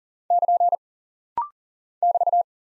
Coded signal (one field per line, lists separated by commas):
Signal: Morse code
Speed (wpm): 39 wpm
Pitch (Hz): 700 Hz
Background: none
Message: <KN> <BT>